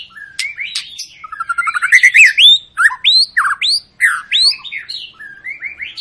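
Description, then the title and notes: White-rumped shama song: fast, varied phrases of upslurred whistles and sharp chips, loud and continuous with brief gaps. Long, lively lure song of a white-rumped shama, used to prompt other birds to sing. "Pancingan Murai Batu Gacor Panjang. muraiku"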